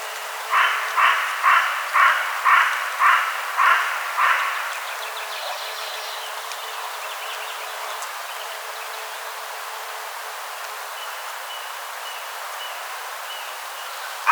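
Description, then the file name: Carrion crow giving eight harsh, evenly spaced caws in quick succession, then quiet with only a steady background hiss. "Corvus corone"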